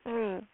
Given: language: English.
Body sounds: throat vibration sensor signal played as sound; speech

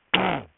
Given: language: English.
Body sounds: throat vibration sensor signal played as sound; throat clearing

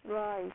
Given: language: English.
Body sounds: throat vibration sensor signal played as sound; speech

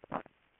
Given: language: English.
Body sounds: throat vibration sensor signal played as sound; swallow

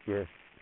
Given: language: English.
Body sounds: throat vibration sensor signal played as sound; speech

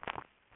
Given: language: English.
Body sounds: throat vibration sensor signal played as sound; swallow

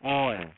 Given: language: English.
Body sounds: throat vibration sensor signal played as sound; speech

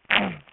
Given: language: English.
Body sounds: throat vibration sensor signal played as sound; throat clearing

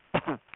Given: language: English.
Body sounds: throat vibration sensor signal played as sound; cough

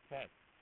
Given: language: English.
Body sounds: throat vibration sensor signal played as sound; speech

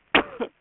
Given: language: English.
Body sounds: throat vibration sensor signal played as sound; cough

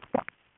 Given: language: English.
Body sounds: throat vibration sensor signal played as sound; swallow

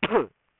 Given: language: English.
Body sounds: throat vibration sensor signal played as sound; cough

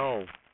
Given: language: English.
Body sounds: throat vibration sensor signal played as sound; speech

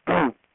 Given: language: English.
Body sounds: throat vibration sensor signal played as sound; throat clearing

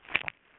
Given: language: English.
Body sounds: throat vibration sensor signal played as sound; swallow

